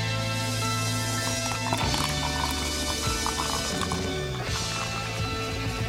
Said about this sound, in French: Est-ce qu'on entend les petites bulles? Oui, attends un peu. Hey, hein? C'est de la bulle, ça, mon ami?